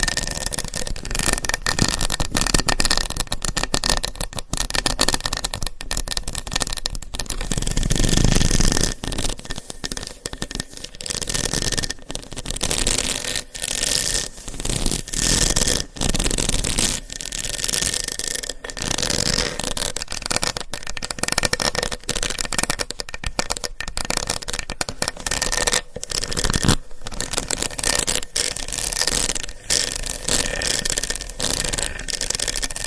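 Long nails tap and scratch across hollow boxes in a dense, busy stream of quick clicks and rasping strokes that barely pauses. The sound is crisp and bright, with a faint steady tone running underneath and a brief low, fuller scrape around eight seconds.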